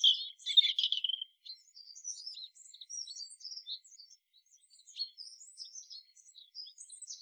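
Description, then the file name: European robin opening with a bright, fluttering high phrase, then many faint, scattered high twittering notes throughout. "Erithacus rubecula"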